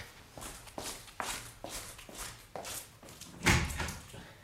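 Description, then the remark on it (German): Steady footsteps tap along at an even walking pace, then a louder, fuller knock and rattle of a door being opened breaks in near the end. “Machen Sie bitte die Tür auf! Ich komme sofort!”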